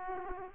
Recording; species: mosquito wingbeat signal from an infrared sensor; Aedes aegypti